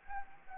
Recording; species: mosquito wingbeat signal from an infrared sensor; Anopheles gambiae